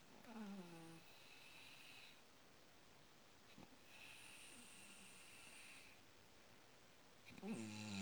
Snoring Heavy Breathing.